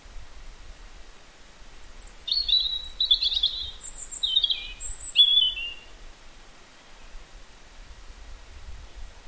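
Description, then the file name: European robin singing a run of high, fluty warbles and thin very high notes in the middle, then quiet background noise. "Erithacus rubecula"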